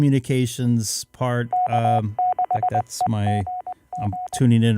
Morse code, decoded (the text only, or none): K6EGG